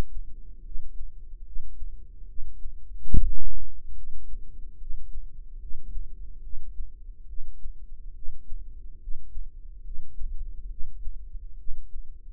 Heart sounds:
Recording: heart sounds by microphone in the right ear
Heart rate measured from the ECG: 71 bpm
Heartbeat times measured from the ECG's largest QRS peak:
0.63 s: heartbeat
1.44 s: heartbeat
2.26 s: heartbeat
3.10 s: heartbeat
3.94 s: heartbeat
4.77 s: heartbeat
5.58 s: heartbeat
6.41 s: heartbeat
7.26 s: heartbeat
8.13 s: heartbeat
8.99 s: heartbeat
9.82 s: heartbeat
10.68 s: heartbeat
11.56 s: heartbeat
From the record:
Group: healthy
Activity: rest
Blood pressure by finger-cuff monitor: 110/71 mmHg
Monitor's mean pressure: 86 mmHg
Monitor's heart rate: 71 bpm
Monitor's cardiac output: 5.6 L/min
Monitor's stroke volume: 78 mL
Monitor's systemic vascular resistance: 1130 dyn s/cm5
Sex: female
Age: 43 years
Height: 160 cm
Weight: 90 kg

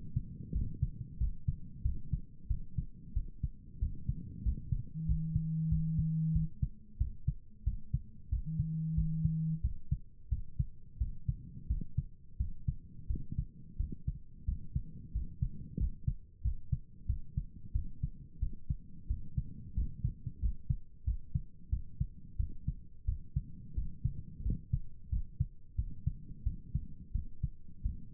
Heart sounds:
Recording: heart sounds by stethoscope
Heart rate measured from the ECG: 90 bpm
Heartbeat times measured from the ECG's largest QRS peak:
0.52 s: heartbeat
1.18 s: heartbeat
1.82 s: heartbeat
2.47 s: heartbeat
3.13 s: heartbeat
3.79 s: heartbeat
4.42 s: heartbeat
5.05 s: heartbeat
5.68 s: heartbeat
6.32 s: heartbeat
6.98 s: heartbeat
7.64 s: heartbeat
8.29 s: heartbeat
8.94 s: heartbeat
9.61 s: heartbeat
10.29 s: heartbeat
10.98 s: heartbeat
11.67 s: heartbeat
12.37 s: heartbeat
13.07 s: heartbeat
13.77 s: heartbeat
14.45 s: heartbeat
15.12 s: heartbeat
15.77 s: heartbeat
16.42 s: heartbeat
17.06 s: heartbeat
17.72 s: heartbeat
18.39 s: heartbeat
19.07 s: heartbeat
19.74 s: heartbeat
20.39 s: heartbeat
21.04 s: heartbeat
21.69 s: heartbeat
22.37 s: heartbeat
23.05 s: heartbeat
23.74 s: heartbeat
24.42 s: heartbeat
25.09 s: heartbeat
25.75 s: heartbeat
26.43 s: heartbeat
27.12 s: heartbeat
27.82 s: heartbeat
From the record:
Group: healthy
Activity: rest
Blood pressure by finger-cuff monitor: 107/73 mmHg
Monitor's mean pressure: 83 mmHg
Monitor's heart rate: 91 bpm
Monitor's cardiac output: 7.4 L/min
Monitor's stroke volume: 81 mL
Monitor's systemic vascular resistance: 820 dyn s/cm5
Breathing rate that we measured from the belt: 14 breaths a minute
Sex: male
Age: 19 years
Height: 178 cm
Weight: 83 kg

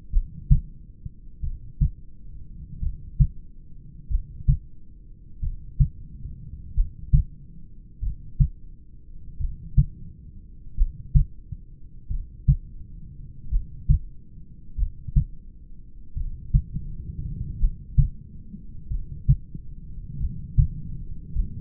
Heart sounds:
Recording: heart sounds by stethoscope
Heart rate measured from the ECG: 45 bpm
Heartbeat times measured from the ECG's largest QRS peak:
0.15 s: heartbeat
1.45 s: heartbeat
2.85 s: heartbeat
4.13 s: heartbeat
5.45 s: heartbeat
6.78 s: heartbeat
8.05 s: heartbeat
9.43 s: heartbeat
10.80 s: heartbeat
12.13 s: heartbeat
13.54 s: heartbeat
14.81 s: heartbeat
16.19 s: heartbeat
17.63 s: heartbeat
18.93 s: heartbeat
20.23 s: heartbeat
21.38 s: heartbeat
From the record:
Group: heart failure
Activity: rest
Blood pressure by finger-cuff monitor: 149/68 mmHg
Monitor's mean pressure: 91 mmHg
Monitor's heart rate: 45 bpm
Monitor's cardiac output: 5.7 L/min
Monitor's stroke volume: 129 mL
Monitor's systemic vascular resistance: 1140 dyn s/cm5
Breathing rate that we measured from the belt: 18 breaths a minute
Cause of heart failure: familial cardiomyopathy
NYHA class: 1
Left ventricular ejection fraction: 49%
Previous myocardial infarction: absent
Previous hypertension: absent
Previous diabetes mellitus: absent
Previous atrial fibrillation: absent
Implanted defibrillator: absent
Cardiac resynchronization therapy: absent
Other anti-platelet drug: absent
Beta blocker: bisoprolol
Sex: male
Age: 31 years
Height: 194 cm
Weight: 96 kg

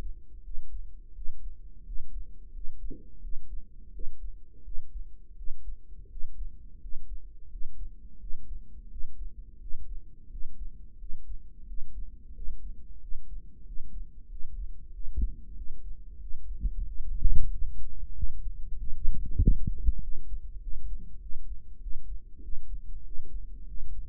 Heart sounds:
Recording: heart sounds by microphone in the right ear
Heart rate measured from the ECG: 90 bpm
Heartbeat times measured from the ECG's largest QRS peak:
0.44 s: heartbeat
1.15 s: heartbeat
1.86 s: heartbeat
2.54 s: heartbeat
3.22 s: heartbeat
3.93 s: heartbeat
4.65 s: heartbeat
5.37 s: heartbeat
6.10 s: heartbeat
6.82 s: heartbeat
7.51 s: heartbeat
8.20 s: heartbeat
8.91 s: heartbeat
9.61 s: heartbeat
10.31 s: heartbeat
10.99 s: heartbeat
11.68 s: heartbeat
12.35 s: heartbeat
13.01 s: heartbeat
13.66 s: heartbeat
14.30 s: heartbeat
14.93 s: heartbeat
15.56 s: heartbeat
16.21 s: heartbeat
16.86 s: heartbeat
17.52 s: heartbeat
18.15 s: heartbeat
18.79 s: heartbeat
19.41 s: heartbeat
20.02 s: heartbeat
20.62 s: heartbeat
21.21 s: heartbeat
21.81 s: heartbeat
22.43 s: heartbeat
23.05 s: heartbeat
23.68 s: heartbeat
From the record:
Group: healthy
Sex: male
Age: 21 years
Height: 175 cm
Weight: 72.6 kg

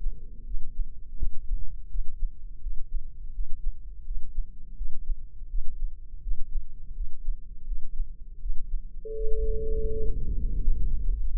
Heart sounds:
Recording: heart sounds by microphone in the left ear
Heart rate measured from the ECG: 83 bpm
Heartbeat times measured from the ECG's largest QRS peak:
0.45 s: heartbeat
1.17 s: heartbeat
1.89 s: heartbeat
2.61 s: heartbeat
3.33 s: heartbeat
4.05 s: heartbeat
4.76 s: heartbeat
5.48 s: heartbeat
6.21 s: heartbeat
6.95 s: heartbeat
7.66 s: heartbeat
8.40 s: heartbeat
9.14 s: heartbeat
9.91 s: heartbeat
10.60 s: heartbeat
11.28 s: heartbeat
From the record:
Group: healthy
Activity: rest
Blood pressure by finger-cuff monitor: 162/87 mmHg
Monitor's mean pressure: 103 mmHg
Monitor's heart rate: 83 bpm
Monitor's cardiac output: 8 L/min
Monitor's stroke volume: 97 mL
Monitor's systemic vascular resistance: 960 dyn s/cm5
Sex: male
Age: 57 years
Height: 188 cm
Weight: 106 kg

